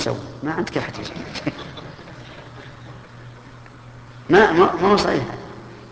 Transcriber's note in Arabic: ضحك الشيخ رحمه الله